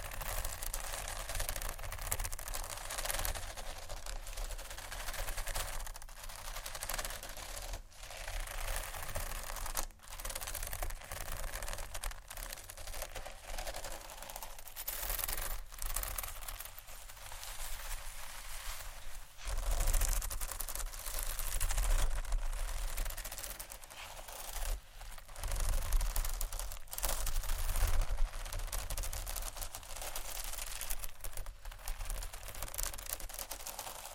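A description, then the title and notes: Textured bags are handled and rustled throughout, giving a dense, crackly hiss that fills the whole range without letting up. Brief pauses and sharper clicks break it up every few seconds. A steady low rumble sits underneath, slightly louder around the 20-second mark. ASMR 4 Textured Bags 1 Hour（No Talking）.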